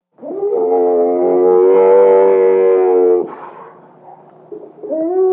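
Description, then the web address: Camel giving a long, sustained bleat of about three seconds, followed by a quieter stretch and the start of another bleat. "SFXSource. Camel Bleats"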